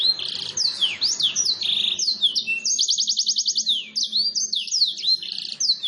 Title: Pikat Kenari GACOR PANJANG INI Cocok Untuk Masteran KENARI LIAR